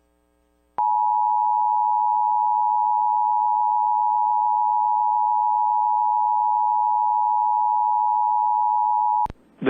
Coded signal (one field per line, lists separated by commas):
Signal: Emergency Alert System (SAME) tones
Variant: 853 and 960 Hz attention tone